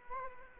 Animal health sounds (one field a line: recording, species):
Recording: mosquito wingbeat signal from an infrared sensor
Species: Culex quinquefasciatus